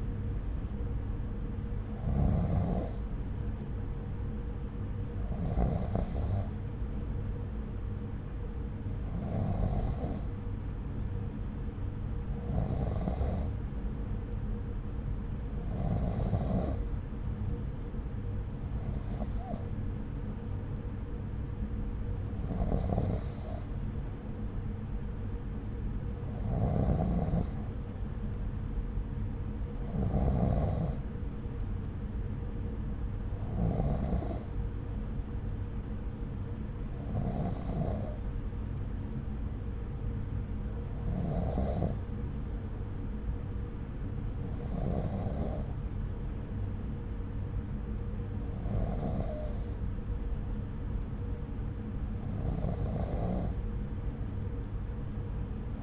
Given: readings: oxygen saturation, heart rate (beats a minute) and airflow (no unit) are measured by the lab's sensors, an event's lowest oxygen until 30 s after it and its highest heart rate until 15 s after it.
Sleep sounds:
breathing in sleep by a smartphone at the bedside; none
none scored
From the record:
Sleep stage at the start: N2 (light sleep); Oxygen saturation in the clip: 92 to 93%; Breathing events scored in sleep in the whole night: 303 in 8.1 hours asleep

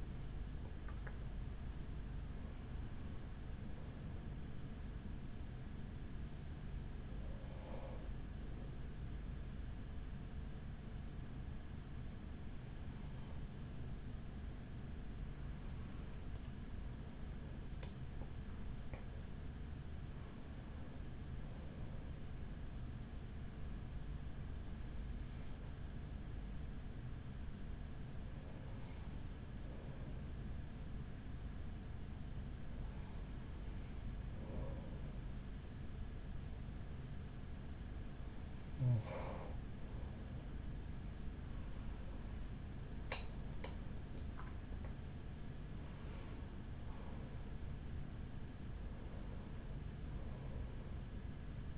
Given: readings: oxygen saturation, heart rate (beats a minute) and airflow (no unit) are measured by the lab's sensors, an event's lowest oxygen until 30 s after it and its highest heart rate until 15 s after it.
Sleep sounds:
breathing in sleep by a smartphone at the bedside; 1
28.00-44.90 s: hypopnea (N1, oxygen 95% highest, then 94% lowest, heart rate 44 at the start, 56 highest)
From the record:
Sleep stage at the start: N1 (lightest sleep); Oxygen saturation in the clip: 94 to 96%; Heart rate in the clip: 42 to 65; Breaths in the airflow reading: 13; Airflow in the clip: -6.3 to 6.9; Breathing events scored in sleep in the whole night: 207 in 7.6 hours asleep

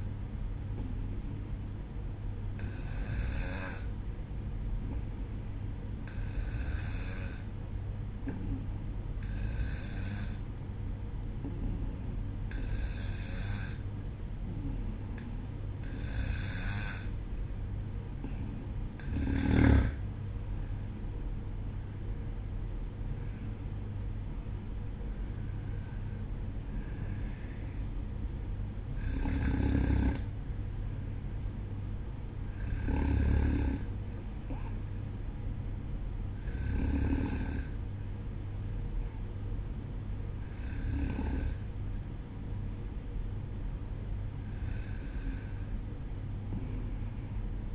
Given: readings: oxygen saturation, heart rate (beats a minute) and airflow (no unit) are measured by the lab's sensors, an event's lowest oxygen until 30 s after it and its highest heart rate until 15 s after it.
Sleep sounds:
breathing in sleep by a smartphone at the bedside; none
29.00-47.75 s: new sleep stage, N1 (lightest sleep)
From the record:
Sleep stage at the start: N2 (light sleep); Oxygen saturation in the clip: 92 to 95%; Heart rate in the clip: 58 to 64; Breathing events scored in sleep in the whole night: 305 in 9.6 hours asleep

